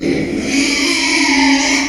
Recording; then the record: squeal of a Yucatan mini pig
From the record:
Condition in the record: after surgery on the right vocal fold (resection and tissue-engineered implant); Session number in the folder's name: 2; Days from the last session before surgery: 13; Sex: male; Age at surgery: 12 weeks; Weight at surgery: 13 kg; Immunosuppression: cyclosporine, prednisolone